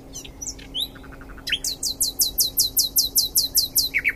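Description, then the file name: Common nightingale song: brief varied notes, then a long loud series of sharp descending high notes repeated quickly. "Luscinia megarhynchos"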